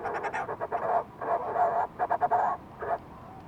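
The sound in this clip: Fulmar prion calls: rapid gruff pulses running into a drawn-out throaty purr, then clipped croaks and a final short burst.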